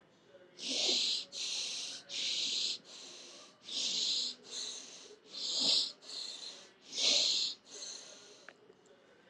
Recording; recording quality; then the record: shallow breathing; excellent, no background noise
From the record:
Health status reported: healthy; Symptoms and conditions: breathing difficulty, fatigue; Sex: male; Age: 21 years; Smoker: yes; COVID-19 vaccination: both doses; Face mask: not worn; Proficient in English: yes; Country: India